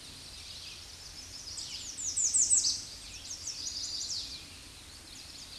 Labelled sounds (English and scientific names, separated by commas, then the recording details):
American Redstart (Setophaga ruticilla) song
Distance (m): 10 m
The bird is about 10 m above the microphone
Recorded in a Pennsylvania forest on 16 May 2024 at 07:05
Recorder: AudioMoth, point MSD-0526
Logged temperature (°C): 16.6 °C
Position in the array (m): 104 m, 234 m